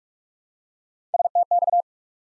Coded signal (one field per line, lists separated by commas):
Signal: Morse code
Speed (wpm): 44 wpm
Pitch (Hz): 700 Hz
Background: none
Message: STX